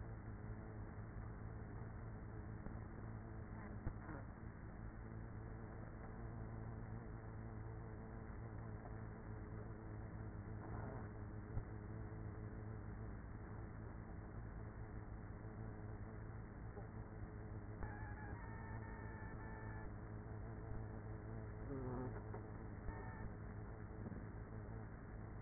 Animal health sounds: honeybee colony, microphone inside the hive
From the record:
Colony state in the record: queenless with a low population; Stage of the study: after two queens were removed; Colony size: about 30,000 bees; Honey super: no

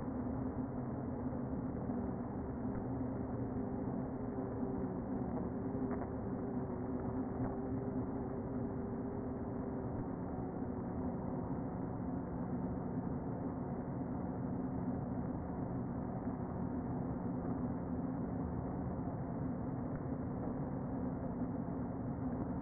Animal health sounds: honeybee colony, microphone inside the hive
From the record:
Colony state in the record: queen present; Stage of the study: before two queens were removed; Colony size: about 60,000 bees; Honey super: yes

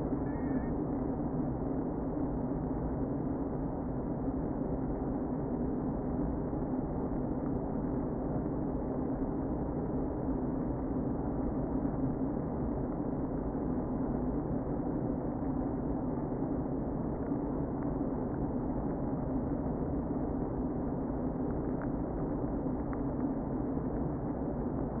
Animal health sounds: honeybee colony, microphone inside the hive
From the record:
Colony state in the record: queen present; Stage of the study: before two queens were removed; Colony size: about 60,000 bees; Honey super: yes

